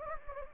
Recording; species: mosquito wingbeat signal from an infrared sensor; Anopheles gambiae